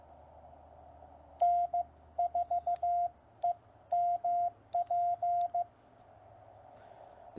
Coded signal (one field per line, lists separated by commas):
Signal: Morse code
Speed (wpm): 15 wpm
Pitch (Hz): 700 Hz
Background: none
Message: N4EMP